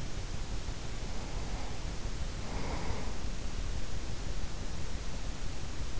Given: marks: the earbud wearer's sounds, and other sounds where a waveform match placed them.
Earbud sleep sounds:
sounds in sleep by an in-ear microphone; breath
0.64-3.91 s: breath

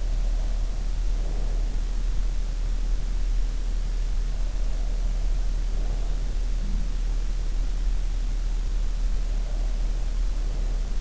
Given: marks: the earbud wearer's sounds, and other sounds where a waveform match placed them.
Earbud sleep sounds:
sounds in sleep by an in-ear microphone; breath
0.00-1.89 s: breath
4.19-7.03 s: breath
9.29-11.01 s: breath

